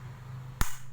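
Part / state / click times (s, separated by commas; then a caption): compass lid into its latch on the aluminium body / seated / 0.6 s. The lid of a Brunton M2 metal-bodied lensatic compass is pressed shut into its latch on the aluminium body. After a low steady hum, a single sharp click rings out at 0.6 s with a brief bright tail. The lid is locked firmly and is hard to open.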